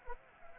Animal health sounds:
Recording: mosquito wingbeat signal from an infrared sensor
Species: Anopheles arabiensis

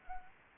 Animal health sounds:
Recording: mosquito wingbeat signal from an infrared sensor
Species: Anopheles gambiae

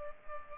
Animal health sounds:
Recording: mosquito wingbeat signal from an infrared sensor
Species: Culex pipiens

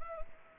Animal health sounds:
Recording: mosquito wingbeat signal from an infrared sensor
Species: Anopheles gambiae

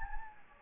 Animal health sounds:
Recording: mosquito wingbeat signal from an infrared sensor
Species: Anopheles gambiae

